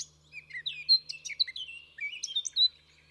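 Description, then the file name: Eurasian blackcap song: a short phrase of clear, fluty whistles, some sliding down and some rising, over a faint low hum. "Sylvia atricapilla"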